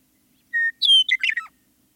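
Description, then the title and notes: Western meadowlark singing a clear held whistle, then a bright downslurred whistle and a rapid bubbling flourish that falls in pitch. "Western Meadowlark. Macaulay Library at Cornell Lab of Ornithology. Studio 360’s Remixing Spring Challenge"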